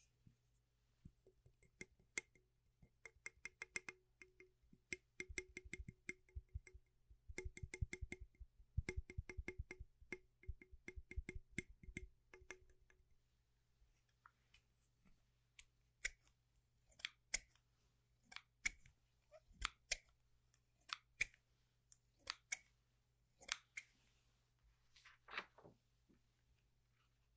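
Household objects are handled, making sounds. For the first thirteen seconds, rapid clicking and rattling ticks repeat in quick bursts. After a short pause, sharper isolated snaps and taps follow every second or so until around 26 seconds, over a faint low hum.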